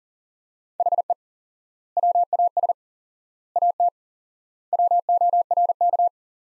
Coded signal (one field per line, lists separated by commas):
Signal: Morse code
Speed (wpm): 40 wpm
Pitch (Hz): 700 Hz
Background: none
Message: HE WAS AT WORK